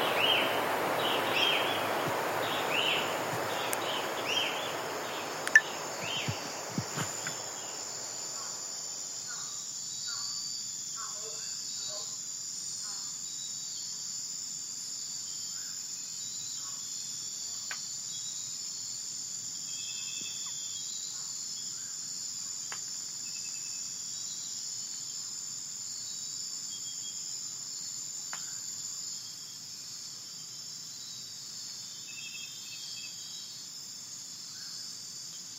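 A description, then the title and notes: A forest soundscape with a steady, high insect drone, likely crickets, that holds for the whole clip. A soft rushing wash in the first eight seconds fades away, with a sharp knock near six seconds, then scattered faint chirps over a quiet low murmur. Soundscapes from different forests around the world.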